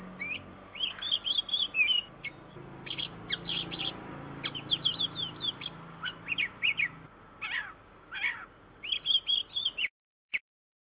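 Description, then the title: Oriental magpie-robin song: bursts of varied whistled and scratchy notes in short phrases separated by brief pauses, then stopping abruptly near the end apart from one last short note. "KACER MASTER"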